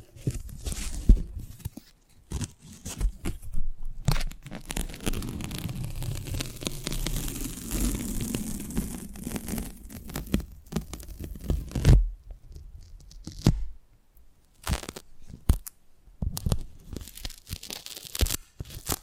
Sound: Close Up Mic Treatment